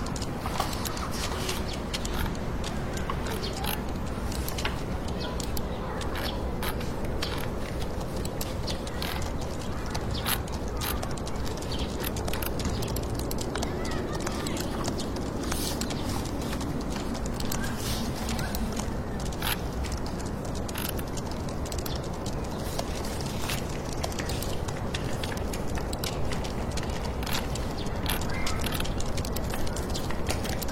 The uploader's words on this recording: Atmospheric scene of staying up late working and studying in computer room, fingertip typing and urban white noise.